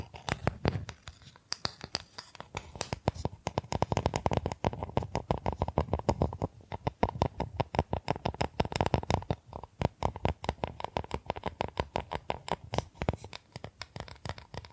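Bamboo is tapped, scratched and brushed in a quick, busy stream of dry clicks and raspy strokes. The sharp ticks come in dense clusters with brief pauses, staying fairly even in loudness throughout, with a soft scraping texture filling the gaps.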